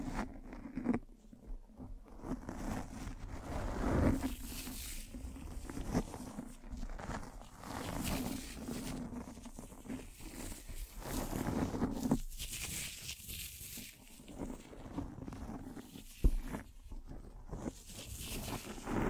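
A microphone is brushed and scratched in rough, uneven strokes, with scraping bursts that swell and fade across the whole stretch. A low steady hum runs underneath, and a sharp knock stands out near sixteen seconds, with quieter gaps around twelve seconds.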